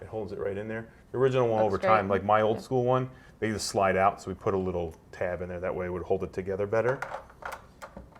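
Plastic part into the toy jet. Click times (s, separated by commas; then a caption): 7.5 s. Someone talks while a matching plastic part is pressed into the other side of a G.I. Joe Combat Jet Skystriker toy jet. A sharp snap at 7.5 s marks the part seating in place, followed by a couple of faint ticks.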